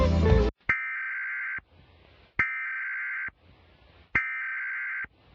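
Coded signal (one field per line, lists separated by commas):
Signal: Emergency Alert System (SAME) tones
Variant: header bursts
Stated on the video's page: Scrapped fictional EAS scenario.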